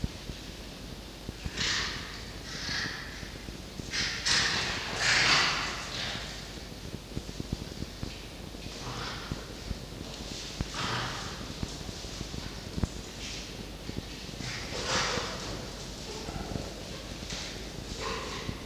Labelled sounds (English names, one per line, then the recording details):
Red Fox
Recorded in captivity
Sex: group
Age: diverse
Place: Zoologisches Institut der HUB, Berlin, DE
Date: 1952-07-23 17:00
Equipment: Elmetra
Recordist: Tembrock, Günter
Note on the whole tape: Jupp (Spiel mit Toni): offenes Knurren; Fiffi: Muffen (mit Fleisch); Jupp: Muffen (mit Fleisch); Welpe Toni: winselndes "ri-ri-ri"(Übergang) (wird von Jupp bei Fleischübergabe bestiegen)